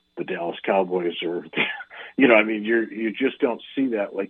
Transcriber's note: laughs